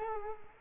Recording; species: mosquito wingbeat signal from an infrared sensor; Culex quinquefasciatus